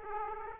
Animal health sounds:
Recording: mosquito wingbeat signal from an infrared sensor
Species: Aedes aegypti

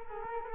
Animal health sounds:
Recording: mosquito wingbeat signal from an infrared sensor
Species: Culex quinquefasciatus

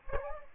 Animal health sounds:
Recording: mosquito wingbeat signal from an infrared sensor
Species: Aedes aegypti

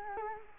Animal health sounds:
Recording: mosquito wingbeat signal from an infrared sensor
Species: Culex quinquefasciatus

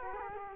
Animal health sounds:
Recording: mosquito wingbeat signal from an infrared sensor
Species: Culex quinquefasciatus

